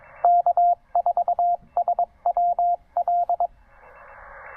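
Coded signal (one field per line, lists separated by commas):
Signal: Morse code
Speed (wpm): 23 wpm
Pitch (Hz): 700 Hz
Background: radio noise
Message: K4SWL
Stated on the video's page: QRP Parks on the Air activation with a Penntek TR-45L transceiver, Elecraft AX3 antenna and Begali Traveler Morse key.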